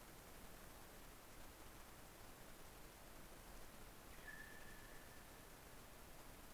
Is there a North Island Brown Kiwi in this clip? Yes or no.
no